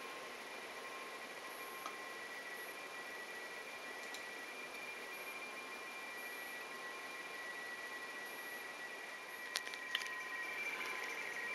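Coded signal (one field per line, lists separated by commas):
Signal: RTTY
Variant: 450 Hz shift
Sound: rapid warbling between two close tones, steady teletype chatter under hiss, a few clicks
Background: radio static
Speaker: sehen wir auch diese beiden Spitzen und hier in der Mitte 2200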